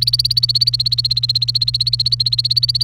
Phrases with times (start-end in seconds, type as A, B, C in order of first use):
0.00-2.83 A